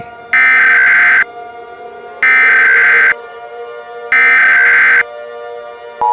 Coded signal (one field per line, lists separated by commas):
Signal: Emergency Alert System (SAME) tones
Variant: header bursts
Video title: EAS Scenario - Moose and Zee and the NOGGIN Invasion